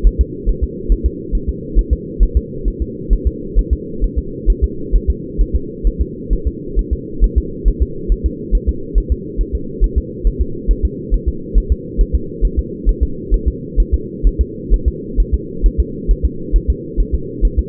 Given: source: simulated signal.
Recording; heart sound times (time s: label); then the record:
fetal heart sounds
0.07 s: S1
0.21 s: S2
0.49 s: S1
0.64 s: S2
0.92 s: S1
1.06 s: S2
1.35 s: S1
1.49 s: S2
1.79 s: S1
1.93 s: S2
2.23 s: S1
2.37 s: S2
2.68 s: S1
2.82 s: S2
3.13 s: S1
3.27 s: S2
3.59 s: S1
3.73 s: S2
4.04 s: S1
4.18 s: S2
4.50 s: S1
4.64 s: S2
4.95 s: S1
5.10 s: S2
5.41 s: S1
5.55 s: S2
5.87 s: S1
6.02 s: S2
6.33 s: S1
6.47 s: S2
6.79 s: S1
6.93 s: S2
7.24 s: S1
7.38 s: S2
7.68 s: S1
7.83 s: S2
8.12 s: S1
8.26 s: S2
8.55 s: S1
8.69 s: S2
8.98 s: S1
9.12 s: S2
9.41 s: S1
9.55 s: S2
9.84 s: S1
9.98 s: S2
10.27 s: S1
10.41 s: S2
10.71 s: S1
10.85 s: S2
11.14 s: S1
11.28 s: S2
11.58 s: S1
11.72 s: S2
12.01 s: S1
12.15 s: S2
12.45 s: S1
12.59 s: S2
12.89 s: S1
13.03 s: S2
13.34 s: S1
13.48 s: S2
13.80 s: S1
13.94 s: S2
14.27 s: S1
14.41 s: S2
14.74 s: S1
14.88 s: S2
15.20 s: S1
15.34 s: S2
15.66 s: S1
15.80 s: S2
16.11 s: S1
16.25 s: S2
16.56 s: S1
16.70 s: S2
17.00 s: S1
17.15 s: S2
17.45 s: S1
17.59 s: S2
From the record:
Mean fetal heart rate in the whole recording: 135 bpm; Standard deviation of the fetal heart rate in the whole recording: 3 bpm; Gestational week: 36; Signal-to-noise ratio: -4.3 dB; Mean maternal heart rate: 72 bpm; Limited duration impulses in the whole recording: absent